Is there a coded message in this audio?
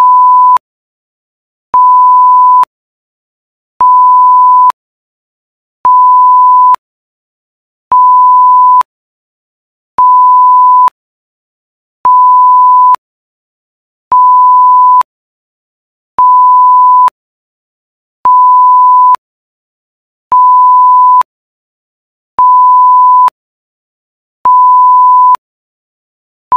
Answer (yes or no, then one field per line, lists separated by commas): no